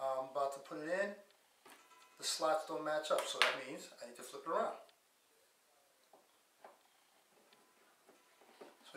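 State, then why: Not seated. Someone talks while holding a RAM module over a motherboard memory slot; the notch on the stick does not match the slot key, so the module is flipped around and lined up before being pushed in. After the talking stops, only faint handling taps are heard around 6.1, 6.7 and 7.5 seconds. Nothing has seated or clicked yet.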